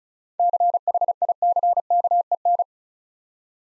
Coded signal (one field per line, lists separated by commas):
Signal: Morse code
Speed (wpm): 36 wpm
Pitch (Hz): 700 Hz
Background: none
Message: CHICKEN